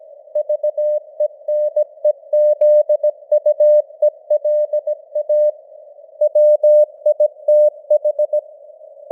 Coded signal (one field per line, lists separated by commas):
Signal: Morse code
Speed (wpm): 17 wpm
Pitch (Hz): 600 Hz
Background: none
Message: VENEZUELA WITH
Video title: Morse Code News | 2025-12-30 | 17wpm